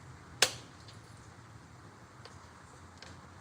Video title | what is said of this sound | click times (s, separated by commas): NorthCountrySouthCity is live! | Wait for the click. | 0.4 s